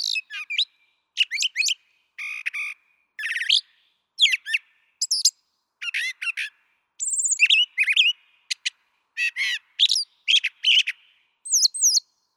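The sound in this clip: Brown thrasher song, a long varied sequence of phrases mixing whistles, harsh buzzy notes and rapid chatters, with brief gaps between.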